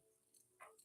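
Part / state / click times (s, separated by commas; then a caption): plastic toy handgun into the figure's holster / not seated / none. A small plastic toy handgun accessory is handled and pushed toward an action figure's holster. Faint light plastic ticks are heard around 0.4 s and 0.8 s, with a brief louder scrape near 0.6 s. Nothing has seated or clicked yet.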